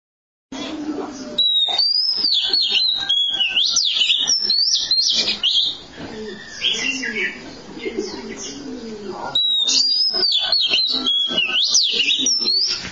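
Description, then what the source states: Oriental magpie-robin song: a long stream of varied whistles and trills that leap and swoop, with hissy noise behind. Long-duration song.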